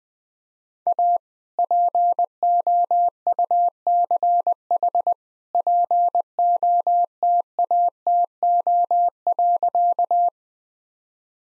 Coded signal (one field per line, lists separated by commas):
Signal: Morse code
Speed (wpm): 20 wpm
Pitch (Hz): 700 Hz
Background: none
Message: A POUCH POTATO.